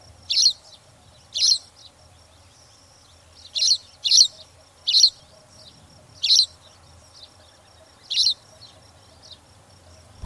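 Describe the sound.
Spanish sparrow giving loud single chirps, high and abrupt, spaced out with pauses between.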